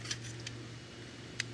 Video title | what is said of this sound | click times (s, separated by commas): How to Replace the Belts on Any MEI VN/AE Series Bill Validator | right here push it forward make sure it snaps into | 1.4 s